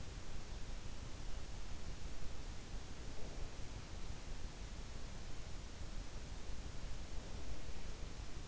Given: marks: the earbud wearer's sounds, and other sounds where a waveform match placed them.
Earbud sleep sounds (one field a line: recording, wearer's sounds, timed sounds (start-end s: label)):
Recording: sounds in sleep by an in-ear microphone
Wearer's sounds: breath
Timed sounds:
3.03-3.88 s: breath